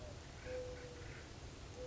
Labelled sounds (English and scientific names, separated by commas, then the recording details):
Mourning Dove (Zenaida macroura)
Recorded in Sonoma County, California